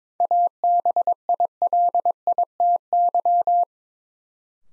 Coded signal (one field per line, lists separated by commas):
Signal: Morse code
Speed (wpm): 22 wpm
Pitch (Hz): 700 Hz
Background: none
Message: ABILITY